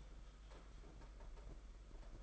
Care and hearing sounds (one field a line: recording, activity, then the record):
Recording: daily activity, microphone in the room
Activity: typing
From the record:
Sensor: 5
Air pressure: 991.9 hPa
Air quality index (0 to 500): 164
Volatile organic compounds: 377 ppm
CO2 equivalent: 4632 ppm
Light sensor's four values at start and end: 31/107/40/42 and 31/107/40/42